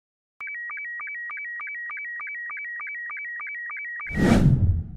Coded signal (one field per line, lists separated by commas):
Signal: SSTV (slow-scan television)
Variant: Robot 72